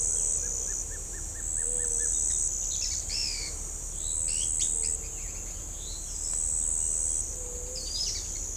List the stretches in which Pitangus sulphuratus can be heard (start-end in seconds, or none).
none